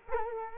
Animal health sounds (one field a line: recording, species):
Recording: mosquito wingbeat signal from an infrared sensor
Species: Culex quinquefasciatus